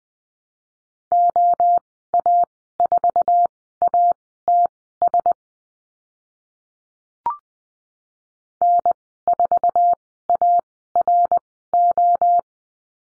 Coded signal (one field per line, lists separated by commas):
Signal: Morse code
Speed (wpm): 20 wpm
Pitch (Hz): 700 Hz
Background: none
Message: OA4ATS N4ARO